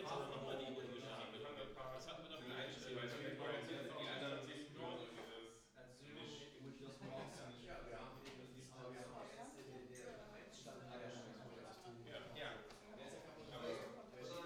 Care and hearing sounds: everyday scene through a hearing-aid microphone; many people talking; many voices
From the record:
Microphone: in the ear canal, right

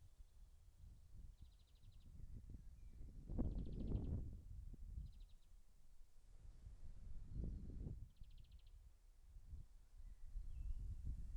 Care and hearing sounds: everyday scene through a hearing-aid microphone; wind on the microphone; wind, birds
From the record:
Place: in front of a rural house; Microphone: behind the ear, left, rear

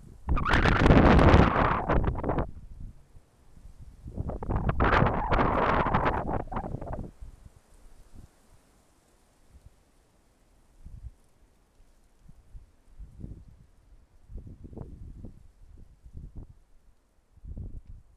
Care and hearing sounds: everyday scene through a hearing-aid microphone; wind on the microphone; wind, traffic, birds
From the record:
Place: suburban garden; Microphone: behind the ear, left, rear

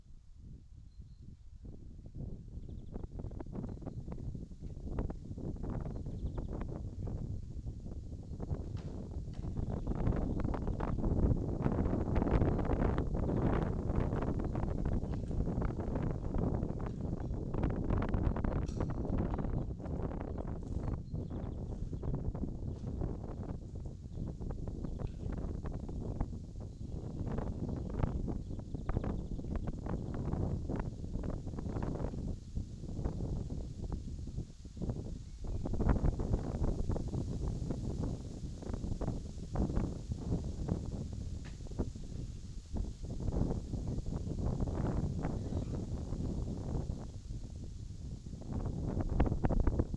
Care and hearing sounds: everyday scene through a hearing-aid microphone; wind on the microphone; wind, other noises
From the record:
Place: in front of a rural house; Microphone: in the ear canal, left

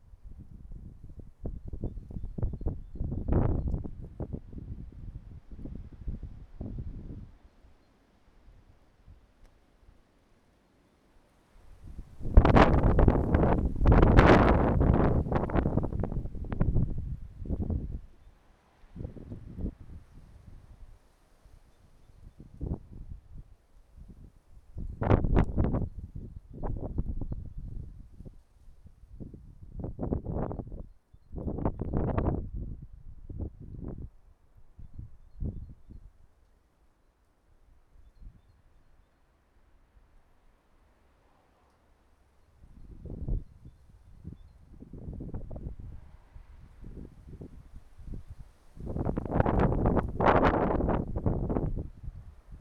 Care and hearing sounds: everyday scene through a hearing-aid microphone; wind on the microphone; wind, traffic, birds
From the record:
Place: suburban garden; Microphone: behind the ear, right, rear

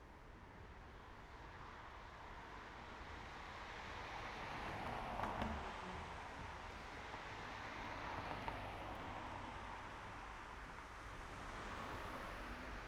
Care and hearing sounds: everyday scene through a hearing-aid microphone; in traffic; traffic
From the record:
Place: main road on the outskirts, rush hour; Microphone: behind the ear, right, front

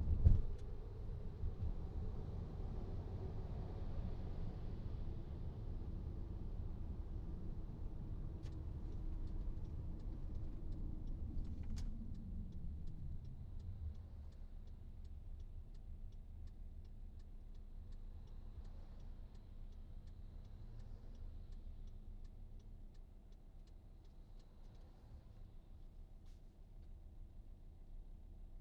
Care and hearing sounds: everyday scene through a hearing-aid microphone; in a vehicle; engine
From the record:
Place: VW T5 Caravelle, diesel engine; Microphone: in the ear canal, right

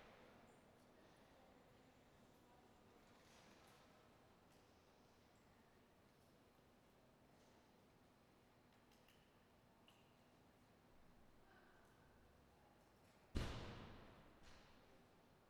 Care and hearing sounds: everyday scene through a hearing-aid microphone; reverberant space; background noise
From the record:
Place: railway station hall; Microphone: behind the ear, right, rear

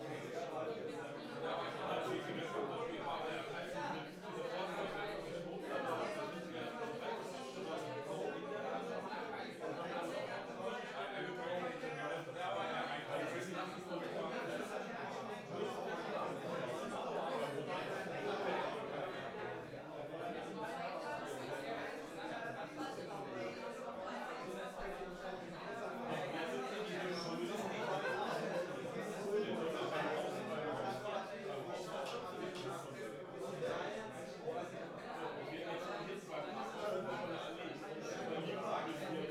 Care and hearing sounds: everyday scene through a hearing-aid microphone; many people talking; many voices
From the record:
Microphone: behind the ear, right, front

